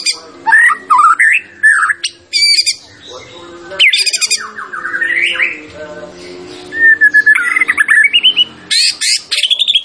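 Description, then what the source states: White-rumped shama song: loud whistled and harsh notes in separate bursts, a long sliding whistle in the middle, and a rising chattering phrase near the end. Champion bird; recording used for song training (masteran).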